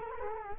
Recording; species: mosquito wingbeat signal from an infrared sensor; Culex quinquefasciatus